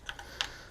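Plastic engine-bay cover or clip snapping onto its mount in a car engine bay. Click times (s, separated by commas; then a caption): 0.4 s. While reassembling the engine bay of a BMW E90 after an oil cooler retrofit, a plastic engine-bay cover or clip is pushed onto its mount. Two light plastic ticks at about 0.1 and 0.2 s lead to a sharp, bright snap at 0.4 s as the part seats, and it is confirmed good.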